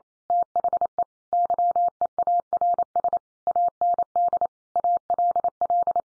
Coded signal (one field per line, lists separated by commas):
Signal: Morse code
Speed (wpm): 28 wpm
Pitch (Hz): 700 Hz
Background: none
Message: THE YEARS AND ALL